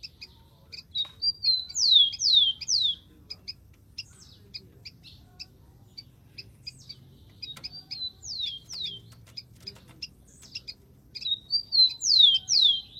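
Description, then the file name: Rufous-collared sparrow song: a few thin whistles, then three sharp descending slurred notes, given twice more later, over steady short high chips. "canto do tico tico"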